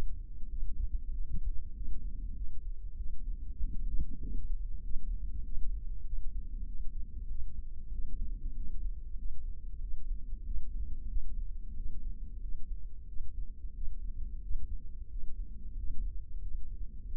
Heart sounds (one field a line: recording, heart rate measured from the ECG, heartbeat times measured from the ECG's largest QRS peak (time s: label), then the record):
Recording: heart sounds by microphone in the left ear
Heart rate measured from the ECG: 94 bpm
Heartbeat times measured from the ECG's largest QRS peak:
0.52 s: heartbeat
1.14 s: heartbeat
1.77 s: heartbeat
2.39 s: heartbeat
3.00 s: heartbeat
3.60 s: heartbeat
4.23 s: heartbeat
4.86 s: heartbeat
5.47 s: heartbeat
6.08 s: heartbeat
6.69 s: heartbeat
7.31 s: heartbeat
7.94 s: heartbeat
8.58 s: heartbeat
9.20 s: heartbeat
9.83 s: heartbeat
10.47 s: heartbeat
11.11 s: heartbeat
11.78 s: heartbeat
12.44 s: heartbeat
13.10 s: heartbeat
13.77 s: heartbeat
14.44 s: heartbeat
15.12 s: heartbeat
15.79 s: heartbeat
16.44 s: heartbeat
17.07 s: heartbeat
From the record:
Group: healthy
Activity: rest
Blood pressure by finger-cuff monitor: 142/82 mmHg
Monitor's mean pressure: 104 mmHg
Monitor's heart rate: 95 bpm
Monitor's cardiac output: 8.3 L/min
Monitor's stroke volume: 86 mL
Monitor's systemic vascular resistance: 920 dyn s/cm5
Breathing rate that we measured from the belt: 18 breaths a minute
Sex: male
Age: 21 years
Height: 175 cm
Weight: 72.6 kg